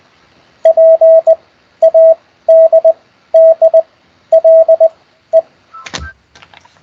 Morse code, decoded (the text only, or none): PADDLE